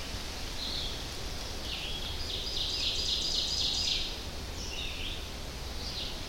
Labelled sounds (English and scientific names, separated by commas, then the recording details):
Ovenbird (Seiurus aurocapilla) song
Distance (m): 40 m
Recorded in boreal forest in Alberta, Canada, on 25 June 2016 at 05:45
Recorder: SongMeter 3, array SBT-6-76
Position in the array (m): 22 m, 111 m
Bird 2